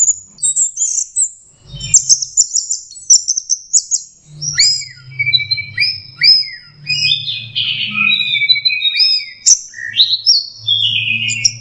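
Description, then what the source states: Orange-headed thrush song, a long varied sequence of high whistled phrases, short trills and downslurred notes, some mid-pitched whistles repeated, over a faint low hum. Master recording for training Anis Kembang birds; 'teler' song style, version 4.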